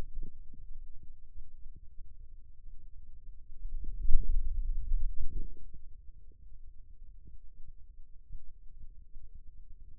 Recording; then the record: forearm muscle sounds (acoustic myography)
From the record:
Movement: hand closing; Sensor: system 2, bracelet of six BSWA MPA416 microphones around the upper forearm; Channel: 1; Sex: male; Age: 22 years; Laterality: right